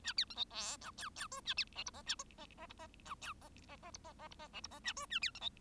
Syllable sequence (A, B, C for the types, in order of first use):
A B C D E F G G H A B I J K A K K J K F G K K K J K K J K I J K A H A B C D